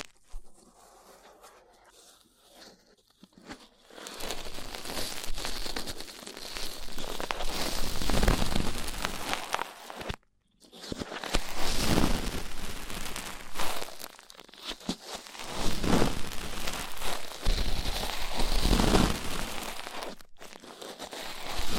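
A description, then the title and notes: Rough ear cleaning: dense scratching and crinkling rubs right at the ear, starting quiet and soft, then turning loud and bright from about four seconds. A brief silent gap near ten seconds breaks the scraping before it resumes, dense and uneven, to the end. ASMR Rough Ear Cleaning (No Talking).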